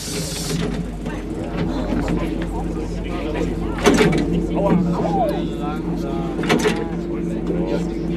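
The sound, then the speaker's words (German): Bus doors hiss and clunk over a steady engine drone, with a couple of sharp thuds as passengers climb aboard and muffled voices murmur in the background. “Flotter beim Einsteigen. Machen Sie Platz. Vorsicht an den Türen.”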